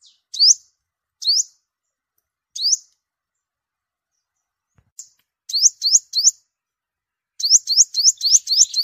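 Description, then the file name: Sunbird calling with high, clipped upsweeps, first spaced slowly, then quickening into a tight run of chips at the end. Vietnamese name: hút mật 5 màu, the five-colour sunbird. "tieng-hut-mat-5-mau-liu"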